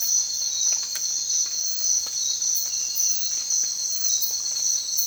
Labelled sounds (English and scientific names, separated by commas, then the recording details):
none
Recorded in secondary vegetation near Puerto Asís, Putumayo, Colombia, on 25 June 2025 at 05:30
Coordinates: 0.499, -76.323
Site G077